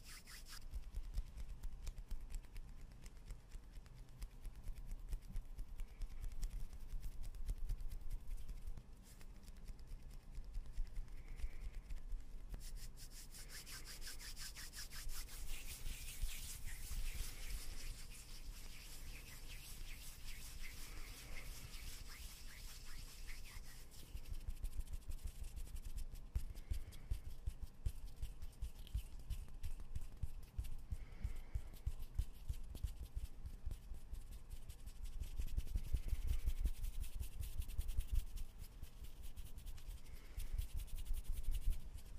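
Hands rub and shuffle swiftly against skin in quick, dense, irregular strokes, papery, with brighter bursts around 13 to 20 seconds. Beneath it runs a steady low rumble from something distant, likely a far-off train.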